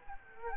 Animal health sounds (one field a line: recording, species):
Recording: mosquito wingbeat signal from an infrared sensor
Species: Culex quinquefasciatus